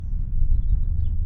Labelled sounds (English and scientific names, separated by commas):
House Finch (Haemorhous mexicanus) song